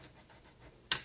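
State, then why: Seated. The metal roller-release lever on the carriage of a pink 1956 Royal Quiet De Luxe typewriter is moved into its engaged position. Faint scratching and handling sounds come first, then a single sharp, bright click at 0.9 s that fades quickly. The lever clicks into its engaged position.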